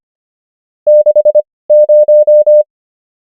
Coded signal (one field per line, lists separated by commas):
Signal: Morse code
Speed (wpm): 25 wpm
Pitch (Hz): 600 Hz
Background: none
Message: 60